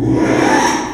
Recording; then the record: squeal of a Yucatan mini pig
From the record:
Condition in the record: after surgery on the right vocal fold (resection and tissue-engineered implant); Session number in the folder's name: 4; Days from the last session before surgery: 42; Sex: male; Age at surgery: 12 weeks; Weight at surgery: 13 kg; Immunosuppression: cyclosporine, prednisolone